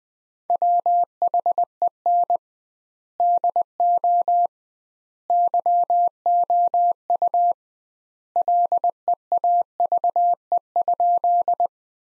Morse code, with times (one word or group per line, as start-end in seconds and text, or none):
0.5-2.4 WHEN
3.2-4.5 DO
5.3-7.5 YOU
8.4-11.7 LEAVE?